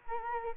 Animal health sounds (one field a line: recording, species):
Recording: mosquito wingbeat signal from an infrared sensor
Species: Culex quinquefasciatus